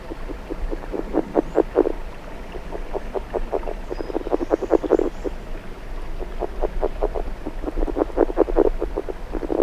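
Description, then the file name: California red-legged frog calling: several trains of quick, low stuttering pulses, each series swelling into heavier grunting notes near its end, over a steady low hum. "Rana draytonii"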